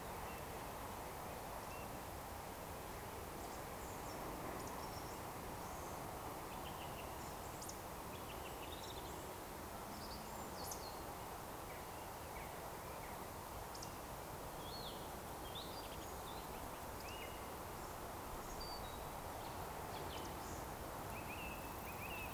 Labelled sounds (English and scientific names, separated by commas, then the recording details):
Eurasian Woodcock (Scolopax rusticola)
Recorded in Baden-Württemberg, Germany, on 28 June 2020 at 19:41 UTC
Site 43791, 788 m above sea level